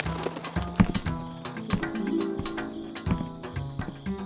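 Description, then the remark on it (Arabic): The judge's horse clops its hooves in an uneven, steady rhythm of sharp knocks while giving a loud, wavering neigh, with low snorting tones running beneath. “انظر يا عسران، أليس هذا حصان القاضي؟”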